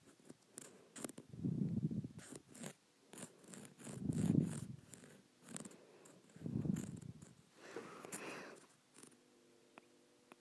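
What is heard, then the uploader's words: Scratching on rippled plastic comes in rough, grating bursts, with three heavier, low rumbling strokes near 1.5, 4 and 6.5 seconds. Between them, quick sharp clicks and scrapes sound irregularly, and near the end a faint steady hum remains after the scratching stops. Scratching Rippled Plastic.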